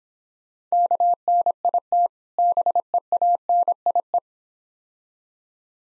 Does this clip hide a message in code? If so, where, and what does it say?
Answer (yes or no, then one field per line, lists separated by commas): yes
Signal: Morse code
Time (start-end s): 0.7-4.2 s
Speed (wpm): 26 wpm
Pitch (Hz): 700 Hz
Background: none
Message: KNIT BEANIE